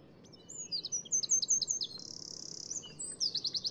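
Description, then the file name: Eurasian wren song: a rapid, high-pitched run of sharp notes, then a dry buzzy trill and a final fast rattling series, over a low steady background hum. "Troglodytes troglodytes"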